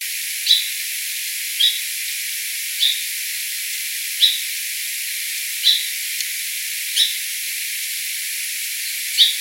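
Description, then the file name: Song sparrow chip calls: seven short, sharp, high chips spaced roughly every one to two seconds, with a faint steady hiss underneath. "SOSP chip"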